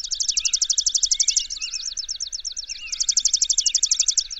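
Bird song: rapid, dry trills of high repeated notes in two bursts, the first about a second and a half, linked by looser chirping phrases.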